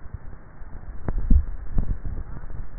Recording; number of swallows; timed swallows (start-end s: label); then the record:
swallowing sounds by neck microphone; 1
1.18-2.02 s: swallow
From the record:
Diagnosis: dysphagia